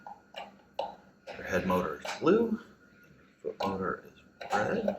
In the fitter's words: that'll click in your